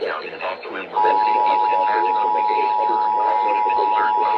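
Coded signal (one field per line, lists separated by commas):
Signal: Emergency Alert System (SAME) tones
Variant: 853 and 960 Hz attention tone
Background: speech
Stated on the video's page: Monthly test SAME tones from Pennsylvania and Orange County.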